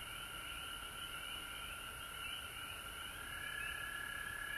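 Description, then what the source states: Chorus of frogs, steady overlapping trilled calls forming a continuous droning background, with a low rumble underneath. Frogs recorded at home in Georgia on March 19, 2020.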